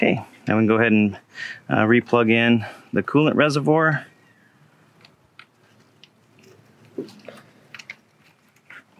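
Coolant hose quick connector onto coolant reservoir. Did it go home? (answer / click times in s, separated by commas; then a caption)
no / none. On a 2012–2015 Mercedes-Benz C250/SLK250, during turbo O-ring and coolant feed pipe replacement, the coolant hose quick connector is being handled to plug back onto the coolant reservoir. Someone talks for the first four seconds, followed by quiet handling noise with a faint knock near 5.4 s and a short cluster of small knocks around 7.8–7.9 s. Nothing has seated or clicked yet.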